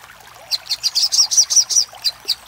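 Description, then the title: Little spiderhunter: a short series of sharp, high chipping notes in quick succession. Master recording for training cage birds; Indonesian name sogok ontong, labelled labaik. "Masteran Burung Sogok Ontong Labaik"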